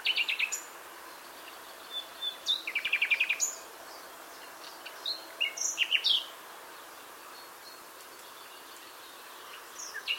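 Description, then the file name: Common nightingale delivering scattered song phrases: a fast stuttering rattle, sharp high chips and short whistles separated by quiet gaps, with constant background hiss. "Luscinia megarhynchos"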